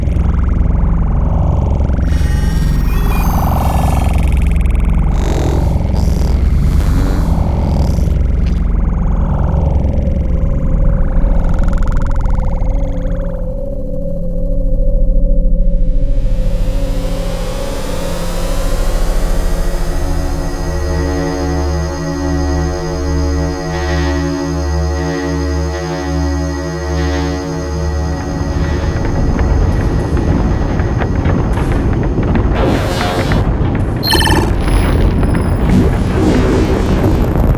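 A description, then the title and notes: A deep, continuous reactor rumble with rough, churning texture fills the first fifteen seconds. Around sixteen seconds it shifts into a steadier drone with layered tones that rise and settle, pulsing low underneath, before the rough churn returns near thirty seconds. Alien Spacecraft Sound Effects. All these samples were created from hardware synthesizers and field recordings, and have then been twisted to add an inspiring alternate-reality sonic character. Reactor rumbles.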